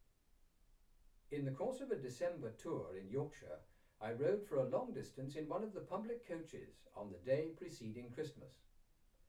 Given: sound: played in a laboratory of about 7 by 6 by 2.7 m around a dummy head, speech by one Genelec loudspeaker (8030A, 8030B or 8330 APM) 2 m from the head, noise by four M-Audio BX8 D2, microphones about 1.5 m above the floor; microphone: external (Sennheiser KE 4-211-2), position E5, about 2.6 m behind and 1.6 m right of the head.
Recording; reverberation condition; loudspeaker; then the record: male speech in English; low; 90 degrees to the left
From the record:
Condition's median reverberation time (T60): about 310 ms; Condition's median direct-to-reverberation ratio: about 3.5 dB